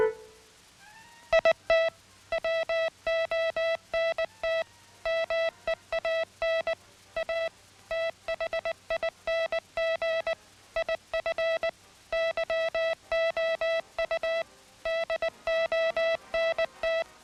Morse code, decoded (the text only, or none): IT WONT MEAN A THING IF YOU DONT